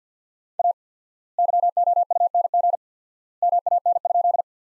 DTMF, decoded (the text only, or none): none